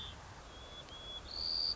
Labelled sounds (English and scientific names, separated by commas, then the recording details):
White-crowned Sparrow (Zonotrichia leucophrys)
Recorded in Sonoma County, California